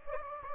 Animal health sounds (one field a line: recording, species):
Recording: mosquito wingbeat signal from an infrared sensor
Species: Anopheles gambiae